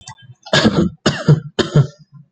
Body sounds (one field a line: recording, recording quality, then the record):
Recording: shallow voluntary cough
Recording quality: excellent, no background noise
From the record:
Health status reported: healthy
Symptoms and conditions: sore throat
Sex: male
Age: 30 years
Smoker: not ticked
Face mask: not worn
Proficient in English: yes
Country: India